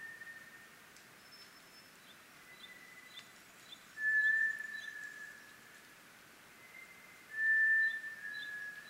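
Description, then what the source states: White's thrush singing long, level, eerie whistles, two loud ones about three seconds apart with fainter tones between, while small birds chirp softly in the background. Recorded 24 April 2010 at 04:32.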